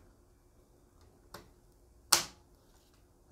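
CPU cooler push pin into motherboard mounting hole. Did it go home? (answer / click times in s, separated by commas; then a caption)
yes / 2.1 s. A plastic push pin of an Intel CPU cooler is pressed into its motherboard mounting hole, seating with a sharp, bright click at 2.1 seconds. A softer snap comes at 1.3 seconds and a faint tick near the end, over quiet background hiss.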